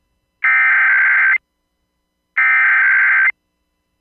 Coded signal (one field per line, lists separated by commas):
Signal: Emergency Alert System (SAME) tones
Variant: header bursts